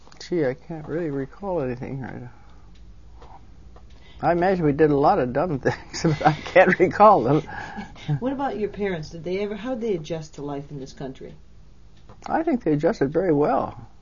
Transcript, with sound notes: Gee, I can't really recall anything right now. I imagine we did a lot of dumb things, but I can't recall them! (Laughs)
What about your parents, did they ever, how'd they adjust to life in this country?
I think they adjusted very well.